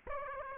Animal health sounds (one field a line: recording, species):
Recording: mosquito wingbeat signal from an infrared sensor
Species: Aedes aegypti